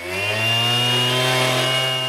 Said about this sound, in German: Das jaulende Geräusch einer Steinsäge durchbricht die lautlose Stille der patagonischen Wüste. Einer der freiwilligen Helfer frisst sich mit einer wuchtigen Steinsäge durch den harten Felsen.